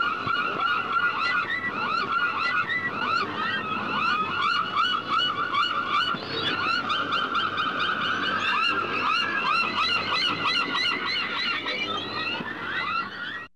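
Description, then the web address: Many gulls crying at once, a steady wall of harsh yelping and mewing calls, each dropping in pitch, overlapping without pause for the whole recording. Seagulls chirping. "bird seagulls chirping animal"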